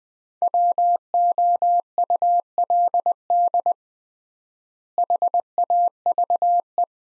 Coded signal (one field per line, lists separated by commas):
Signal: Morse code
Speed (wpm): 20 wpm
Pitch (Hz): 700 Hz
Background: none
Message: WOULD HAVE